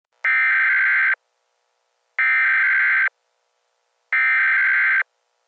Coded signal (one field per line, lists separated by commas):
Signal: Emergency Alert System (SAME) tones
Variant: header bursts